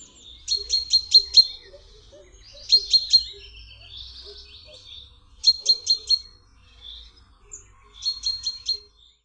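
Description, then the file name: Common chaffinch: short bursts of four or five sharp, high notes, repeated every few seconds, with softer chirps between bursts. "ZIEBA"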